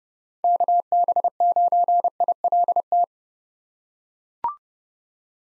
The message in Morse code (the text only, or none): KB9ILT